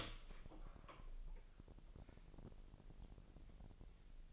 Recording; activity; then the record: daily activity, microphone in the room; open door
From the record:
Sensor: 5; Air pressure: 1001.3 hPa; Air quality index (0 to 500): 249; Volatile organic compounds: 35 ppm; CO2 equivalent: 3068 ppm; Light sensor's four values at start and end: 36/83/33/31 and 36/83/33/31